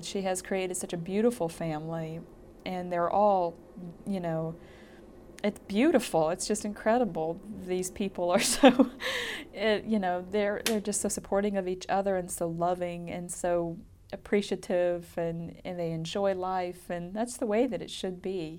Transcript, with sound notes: She has created such a beautiful family and they're all, you know, it's beautiful. It's just incredible. These people are so, (she laughs) you know, they're, they're just so supporting of each other and so loving and so appreciate and, and they enjoy life and that's the way that it should be.